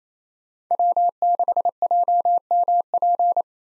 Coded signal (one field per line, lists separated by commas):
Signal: Morse code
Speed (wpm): 28 wpm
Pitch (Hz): 700 Hz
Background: none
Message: W6JMP